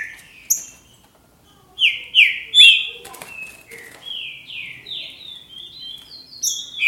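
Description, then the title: Green-winged saltator song: a single note and a quiet pause, then a loud burst of slurred whistles and a softer, longer stream of descending whistled notes. "Trinca Ferro"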